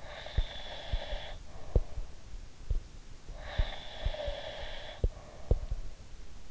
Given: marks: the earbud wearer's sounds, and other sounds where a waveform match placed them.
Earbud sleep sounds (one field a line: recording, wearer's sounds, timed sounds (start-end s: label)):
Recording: sounds in sleep by an in-ear microphone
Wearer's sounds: breath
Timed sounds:
0.00-2.23 s: breath
3.40-5.84 s: breath